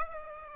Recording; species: mosquito wingbeat signal from an infrared sensor; Aedes aegypti